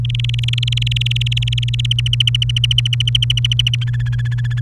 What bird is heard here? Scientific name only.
Serinus canaria